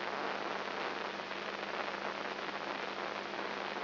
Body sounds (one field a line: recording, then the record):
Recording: brain microelectrode recording played as sound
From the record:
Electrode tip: inside the subthalamic nucleus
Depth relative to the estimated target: -1 mm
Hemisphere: right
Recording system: AlphaMap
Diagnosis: Parkinson's disease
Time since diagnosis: 7 years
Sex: female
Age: 55 years